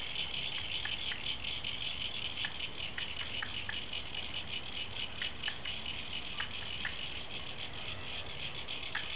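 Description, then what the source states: Frogs calling in a dense chorus: a steady, high, pulsing trill runs throughout, with scattered short sharp clicks over a soft background hiss. After rain, February 2011.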